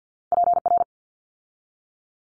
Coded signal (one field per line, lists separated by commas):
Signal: Morse code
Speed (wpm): 50 wpm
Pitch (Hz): 700 Hz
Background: none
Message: PR